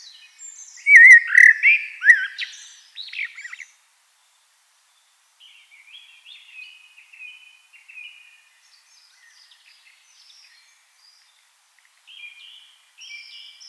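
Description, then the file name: Eurasian blackbird singing a loud fluted, warbling phrase with scratchy high notes, followed by soft, faint twittering. "Turdus merula"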